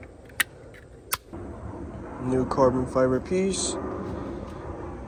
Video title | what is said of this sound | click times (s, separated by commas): BMW F10 Door Handle Replacement - DIY Guide | It should click into place. Sometimes you need to readjust it. | 0.4 s, 1.1 s